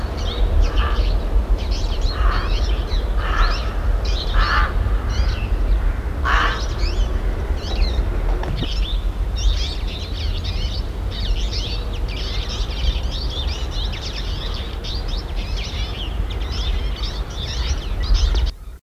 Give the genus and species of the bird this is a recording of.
Carduelis flavirostris